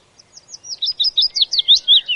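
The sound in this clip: Willow warbler song building from soft high notes into a louder series of sweet, slurred whistles that dip and rise in a tumbling phrase.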